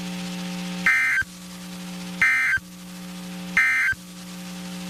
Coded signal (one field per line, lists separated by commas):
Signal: Emergency Alert System (SAME) tones